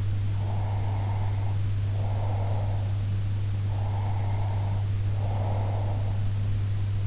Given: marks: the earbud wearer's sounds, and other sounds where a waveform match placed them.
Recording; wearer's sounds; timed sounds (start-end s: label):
sounds in sleep by an in-ear microphone; breath
0.36-2.93 s: breath
3.62-6.25 s: breath